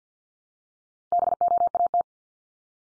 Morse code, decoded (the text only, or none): BOAT